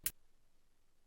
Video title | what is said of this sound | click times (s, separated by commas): MoonSwatch Strap Change - How to Install a Rubber Strap on your Omega x Swatch Moon Watch | Carefully move the strap until you hear a click noise. | 0.1 s